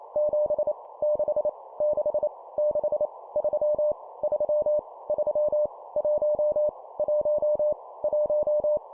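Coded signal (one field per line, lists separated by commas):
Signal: Morse code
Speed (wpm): 28 wpm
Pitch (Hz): 600 Hz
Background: none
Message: 7 6 6 6 3 3 3 1 1 1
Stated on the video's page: Morse practice at 25 wpm, random numbers each repeated three times.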